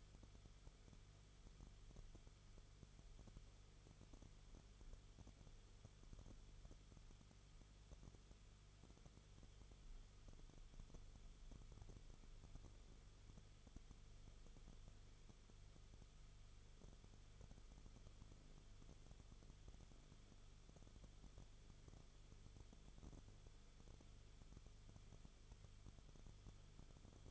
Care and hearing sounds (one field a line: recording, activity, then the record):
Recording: daily activity, microphone in the room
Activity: no activity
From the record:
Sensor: 4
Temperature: 22.9 degrees Celsius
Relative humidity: 34.5%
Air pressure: 1011.5 hPa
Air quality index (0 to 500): 193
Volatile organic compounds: 13 ppm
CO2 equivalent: 2386 ppm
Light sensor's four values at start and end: 2/3/1/1 and 2/3/1/1